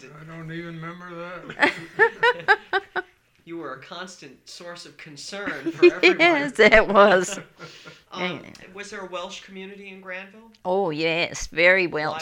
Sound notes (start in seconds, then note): 1.6 laughs; 7.4 she laughs